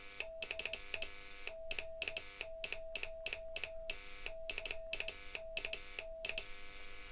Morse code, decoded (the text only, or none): DE G0CNN